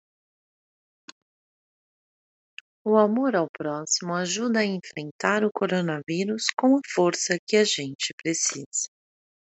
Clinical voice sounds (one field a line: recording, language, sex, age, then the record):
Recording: spoken sentence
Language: Brazilian Portuguese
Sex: female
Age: 40 to 49 years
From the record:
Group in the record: control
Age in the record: 42 years